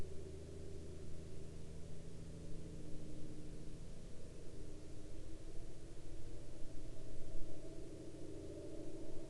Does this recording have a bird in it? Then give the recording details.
no. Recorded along the Dempster Highway, Canada, on 28 April 2020 at 02:56. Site 14